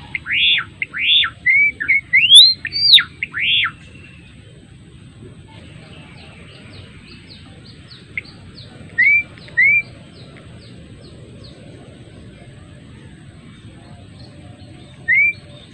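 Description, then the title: Java sparrow song opening with a quick run of dipping and rising whistled notes, then a long pause broken by a few short upslurred chirps. Adult male, described as gacor, actively and freely singing. "Gelatik Belong Gacor Jantan Dewasa"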